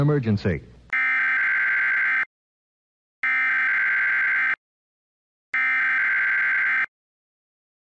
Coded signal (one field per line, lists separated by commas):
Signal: Emergency Alert System (SAME) tones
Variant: header bursts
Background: speech